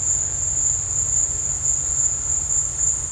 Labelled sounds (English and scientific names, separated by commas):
none